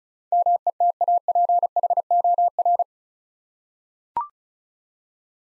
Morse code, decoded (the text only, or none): METAPHOR